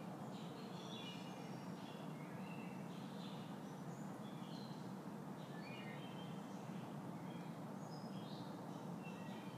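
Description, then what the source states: Birdsong: scattered thin chirps and short trilled notes, quiet against constant low-pitched droning noise. Birds recorded in a backyard.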